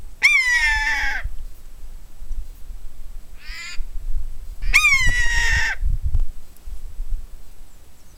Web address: rapaci diurni verso poiana comune buteo buteo common buzzard